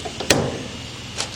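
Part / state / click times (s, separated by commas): valve keeper (lock) into valve spring retainer on valve stem / seated / 0.3 s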